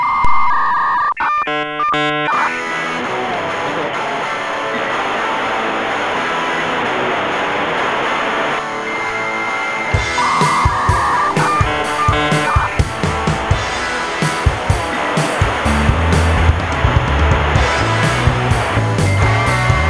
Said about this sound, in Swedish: Nu kör vi jingle, tycker jag.